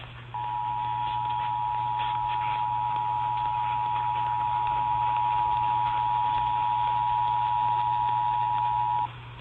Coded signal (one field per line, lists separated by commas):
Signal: Emergency Alert System (SAME) tones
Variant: 853 and 960 Hz attention tone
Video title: EAS tests from last week [EAS #482-485]